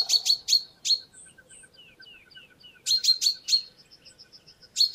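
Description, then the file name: Common chaffinch with rapid clusters of sharp, high notes; between clusters, soft thin whistles and a steady faint pipping series. "Fringilla coelebs"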